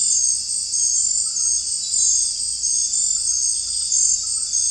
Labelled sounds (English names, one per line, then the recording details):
none
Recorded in secondary vegetation near Puerto Asís, Putumayo, Colombia, on 16 December 2024 at 19:30
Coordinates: 0.481, -76.318
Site G042